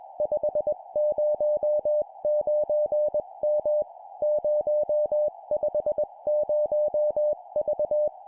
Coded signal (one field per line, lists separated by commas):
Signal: Morse code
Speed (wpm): 21 wpm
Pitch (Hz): 600 Hz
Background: music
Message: 509M 050V